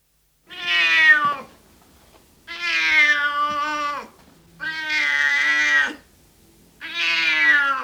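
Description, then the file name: Cat giving four long, loud meows spaced about two seconds apart, the last one cut off. Male cat (tomcat) meowing. "Miauwen van een kater - Sound Cloud - Beeld en Geluid"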